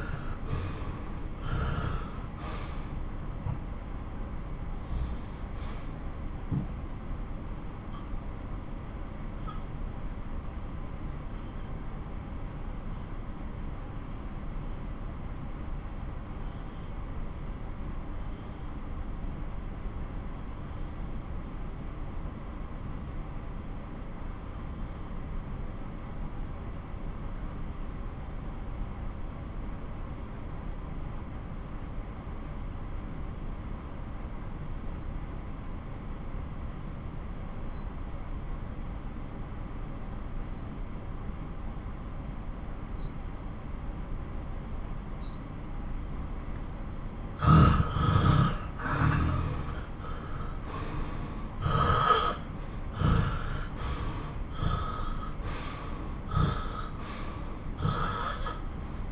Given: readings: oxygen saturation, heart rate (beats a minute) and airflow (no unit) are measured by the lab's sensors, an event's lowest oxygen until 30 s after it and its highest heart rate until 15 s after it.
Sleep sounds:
breathing in sleep by a smartphone at the bedside; 1
6.00-45.90 s: hypopnea (N1, oxygen 93% highest, then 83% lowest)
18.00-48.00 s: new sleep stage, N2 (light sleep)
48.00-59.11 s: new sleep stage, N1 (lightest sleep)
From the record:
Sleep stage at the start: N1 (lightest sleep); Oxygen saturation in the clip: 81 to 93%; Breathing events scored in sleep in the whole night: 217 in 6.3 hours asleep

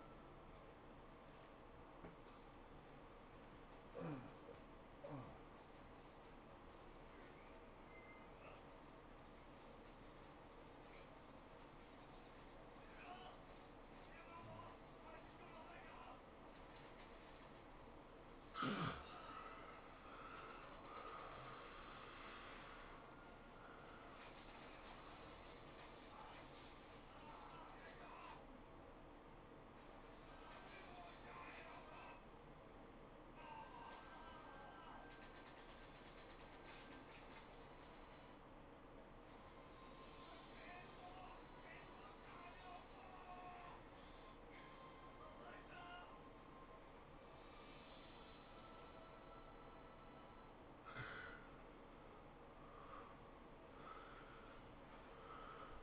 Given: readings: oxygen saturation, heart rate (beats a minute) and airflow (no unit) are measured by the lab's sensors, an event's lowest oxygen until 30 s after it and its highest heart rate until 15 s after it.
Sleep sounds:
a person awake in a sleep study, by a voice recorder at the bedside; 2
0.00-55.82 s: awake
5.00-20.30 s: hypopnea (scored as awake, oxygen 93% highest, then 86% lowest, heart rate 99 at the start, 108 highest)
28.00-51.40 s: hypopnea (scored as awake, oxygen 92% highest, then 78% lowest, heart rate 102 at the start, 107 highest)
From the record:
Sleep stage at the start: awake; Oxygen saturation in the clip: 80 to 95%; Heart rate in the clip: 80 to 108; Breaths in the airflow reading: 5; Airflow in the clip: -16.6 to 13.9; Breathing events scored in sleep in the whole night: 403 in 5.5 hours asleep

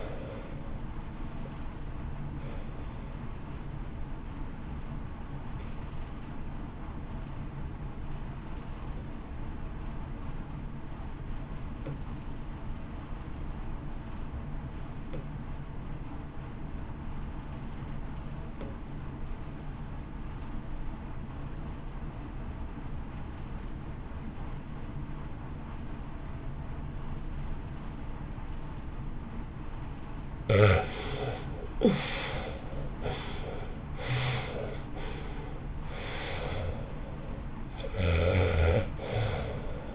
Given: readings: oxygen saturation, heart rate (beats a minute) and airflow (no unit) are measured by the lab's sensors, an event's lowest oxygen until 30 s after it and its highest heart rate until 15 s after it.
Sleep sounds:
breathing in sleep by a smartphone at the bedside; 1
4.00-29.80 s: obstructive apnea (REM, oxygen 88% highest, then 67% lowest, heart rate 68 at the start, 74 highest)
From the record:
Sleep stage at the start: REM sleep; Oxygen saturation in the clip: 67 to 90%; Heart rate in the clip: 53 to 74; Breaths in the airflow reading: 7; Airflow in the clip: -1.0 to 1.2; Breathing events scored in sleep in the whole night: 328 in 6.3 hours asleep

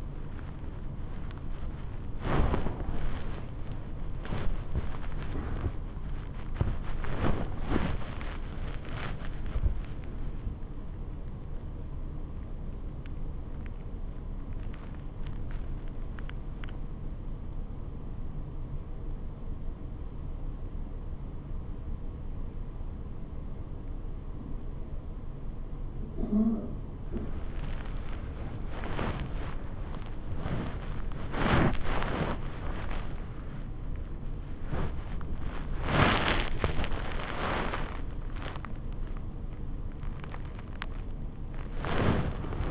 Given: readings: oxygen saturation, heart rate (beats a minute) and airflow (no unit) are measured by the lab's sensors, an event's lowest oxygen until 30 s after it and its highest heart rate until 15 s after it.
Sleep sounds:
a person awake in a sleep study, by a smartphone at the bedside; none
10.00-42.71 s: awake
From the record:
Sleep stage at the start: awake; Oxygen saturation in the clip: 94 to 96%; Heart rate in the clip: 45 to 91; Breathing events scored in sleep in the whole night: 426 in 7.4 hours asleep

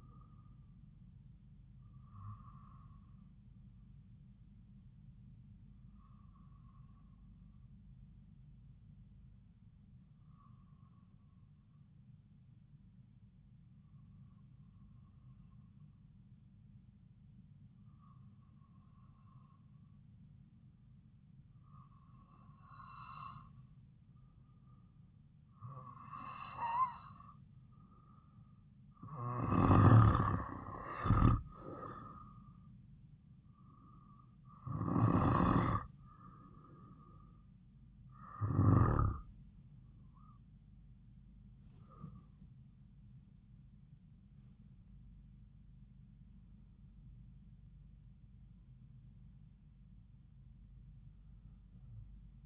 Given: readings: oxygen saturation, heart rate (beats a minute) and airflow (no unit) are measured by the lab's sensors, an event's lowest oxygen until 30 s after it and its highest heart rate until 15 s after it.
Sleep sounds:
breathing in sleep by a smartphone at the bedside; 1
12.00-30.60 s: hypopnea (N2, oxygen 96% highest, then 93% lowest, heart rate 54 at the start, 61 highest)
From the record:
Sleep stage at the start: N2 (light sleep); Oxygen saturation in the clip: 93 to 96%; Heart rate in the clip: 52 to 61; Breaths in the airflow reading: 12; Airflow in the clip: -7.9 to 7.3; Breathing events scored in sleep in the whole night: 270 in 6.1 hours asleep

